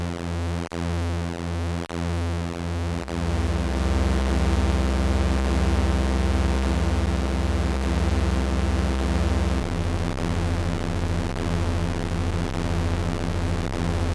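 Square wave tones with a buzzy, reedy edge, their low pitches shifting in steps. Brief dips in the first three seconds give a stuttering pulse, then the sound holds dense and steady, changing pitch around 3, 7 and 10 seconds.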